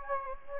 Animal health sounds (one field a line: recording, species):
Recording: mosquito wingbeat signal from an infrared sensor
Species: Anopheles gambiae